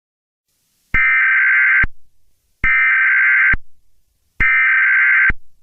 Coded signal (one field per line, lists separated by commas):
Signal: Emergency Alert System (SAME) tones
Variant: header bursts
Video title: EAS MOCK | TORNADO WARNING TEXAS